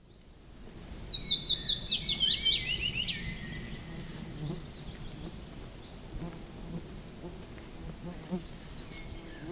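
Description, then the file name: Willow warbler gives one descending whistled phrase lasting about three seconds at the start, followed by quiet outdoor background. "pajulintu"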